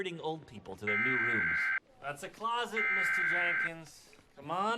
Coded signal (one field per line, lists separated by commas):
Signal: Emergency Alert System (SAME) tones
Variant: header bursts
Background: speech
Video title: EAS Weekly Test (WJLA, August 10, 2013)